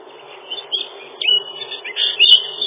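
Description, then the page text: Lesser whitethroat giving short, dry chattering phrases of high notes, broken by brief pauses, with a sharper burst near the end. "Славка-завирушка, или славка-мельничек — Sylvia curruca"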